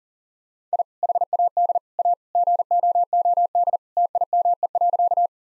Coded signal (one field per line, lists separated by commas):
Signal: Morse code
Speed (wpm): 40 wpm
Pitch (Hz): 700 Hz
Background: none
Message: I HAD A GOOD TIME.